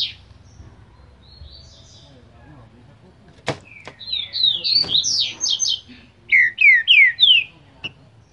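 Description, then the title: Green-winged saltator song: after a few clicks, a loud tumbling run of whistled notes, then four strong descending whistles in quick succession. Singing trinca-ferro ('cantador'); recording labelled 'Voz 07'. "Canto De Trinca Ferro Voz 07. TRINCA FERRO CANTADOR"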